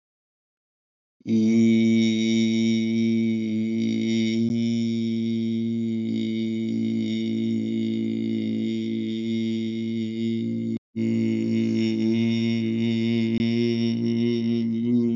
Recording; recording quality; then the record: sustained vowel as in beet; excellent, no background noise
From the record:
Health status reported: healthy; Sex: male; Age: 47 years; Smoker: yes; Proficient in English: yes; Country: India